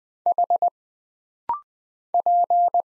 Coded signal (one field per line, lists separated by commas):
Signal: Morse code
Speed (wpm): 20 wpm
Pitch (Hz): 700 Hz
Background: none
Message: H P